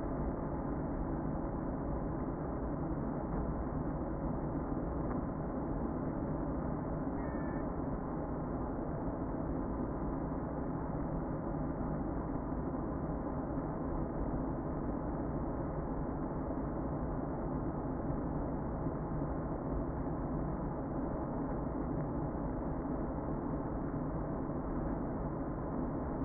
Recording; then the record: honeybee colony, microphone inside the hive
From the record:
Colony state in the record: queen present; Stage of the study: before two queens were removed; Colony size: about 60,000 bees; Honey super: yes